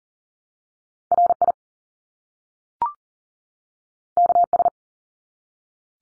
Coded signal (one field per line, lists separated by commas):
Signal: Morse code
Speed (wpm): 40 wpm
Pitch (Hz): 700 Hz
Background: none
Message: RI KS